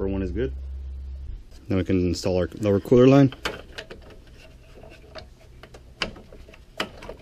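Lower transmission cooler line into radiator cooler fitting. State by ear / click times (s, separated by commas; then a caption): seated / 6.0 s, 6.8 s. Someone talks, then handling and rubbing noises follow as the lower transmission cooler line is pushed into its quick-connect fitting on the radiator of a Saturn Vue. Two sharp clicks at 6.0 s and 6.8 s mark the line seating in place.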